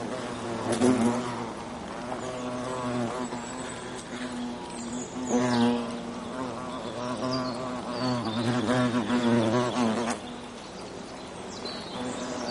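European hornet buzz, deep droning hum that surges and fades several times, with overlapping wavering tones.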